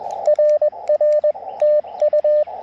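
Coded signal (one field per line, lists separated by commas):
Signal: Morse code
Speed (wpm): 21 wpm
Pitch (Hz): 580 Hz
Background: radio noise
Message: RR TU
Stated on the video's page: QRP CW Parks on the Air activation on 30 meters with an Elecraft KX2, paddle key and end-fed half-wave antenna.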